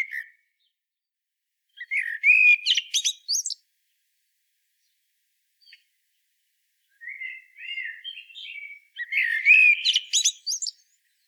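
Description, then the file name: Common blackbird song, rich fluty warbles and high squeaky flourishes; one phrase early, then more after a long pause. "Turdus merula"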